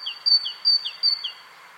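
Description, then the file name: Great tit repeating a quick two-note phrase about four times, a high clear note alternating with a lower one, in a brisk even rhythm. "Parus major"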